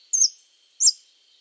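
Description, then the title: Scale-throated hermit giving two high, thin, downslurred squeaks about two-thirds of a second apart, with a constant high background drone underneath. Subspecies Phaethornis eurynome eurynome, assumed from the recording location. "LuckyPassaro Completos2Sama. Scale-throated Hermit (Phaethornis eurynome eurynome (ssp asumed from location))"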